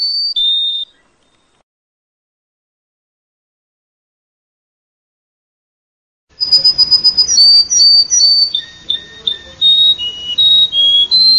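Domestic canary: two short high whistles, a long silence, then a bright, varied sequence of chirps and trilled notes from a canary.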